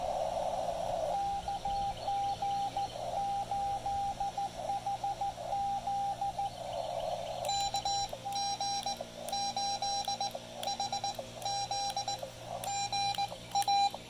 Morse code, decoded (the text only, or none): KG8HZ KG8HZ GA